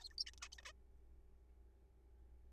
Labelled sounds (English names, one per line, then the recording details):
Zebra Finch
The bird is a juvenile
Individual R3428